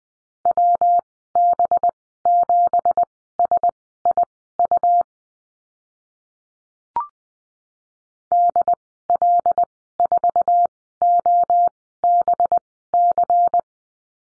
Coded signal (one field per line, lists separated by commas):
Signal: Morse code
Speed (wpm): 20 wpm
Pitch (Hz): 700 Hz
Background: none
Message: WB7SIU DL4OBC